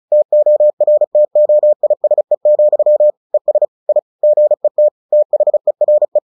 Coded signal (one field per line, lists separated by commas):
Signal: Morse code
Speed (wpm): 36 wpm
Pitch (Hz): 600 Hz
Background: none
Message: TORTOISE, ES I GET THERE